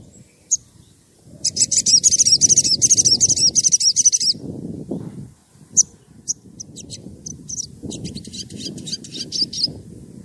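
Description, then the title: Oriental magpie-robin delivering a long, fast, high trilled phrase, then scattered sharp chips and a second trill, with steady low rumbling noise behind. Fluently singing (gacor) bird, whistling used as a lure to provoke other magpie-robins into answering. "Pancingan Suara Siulan Kacer Gacor Mantap Untuk Memancing Kacer Lain Agar Mau Nyaut Bunyi"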